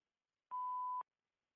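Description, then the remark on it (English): A single steady electronic beep from an answering machine, a clean mid-high tone lasting about half a second, sounding alone in silence before a message begins. “I can't get to the phone. Go ahead and leave your message.”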